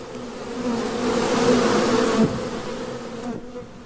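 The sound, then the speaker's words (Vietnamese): A dense, continuous buzzing of a swarm of monster mosquitoes flying in from the darkness, with steady droning tones and a harsh, shrill edge that swells slightly then eases, with no voices. “Phía bóng tối thăm thẳm kia, những tiếng vù vù vang lên chói tai, khiến cho người ta không thể nào đoán biết được bọn chúng rốt cuộc là có bao nhiêu con.”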